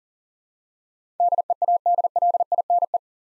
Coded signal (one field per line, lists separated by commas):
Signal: Morse code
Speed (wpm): 40 wpm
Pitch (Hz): 700 Hz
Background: none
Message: DEADLINE